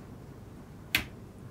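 A crimped metal contact pin on a solar cable is slid into a plastic MC4 connector housing until it latches. A single sharp click sounds at 0.95 s over a quiet background, showing the pin is seated home and will not come out.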